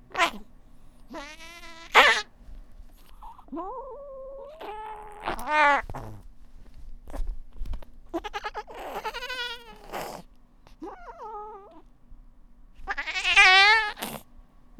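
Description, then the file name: Domestic cat yowling and meowing in varied, wavering cries, some long and bleat-like, others short and sharp, with brief pauses between. Angry domestic cat, described as a mad cat. "temawas mad-cat"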